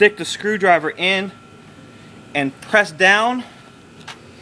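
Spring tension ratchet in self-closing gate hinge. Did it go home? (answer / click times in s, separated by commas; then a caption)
yes / 4.1 s. A screwdriver inserted in the top hinge of a self-closing pool gate is pressed down and turned left to tension the spring ratchet. Someone talks, then after a quiet stretch a short click is heard at 4.1 s as the spring tensioner seats.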